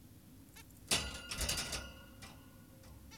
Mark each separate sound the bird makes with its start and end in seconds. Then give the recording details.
0.57-0.63, 3.12-3.17. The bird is an adult. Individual g17y2U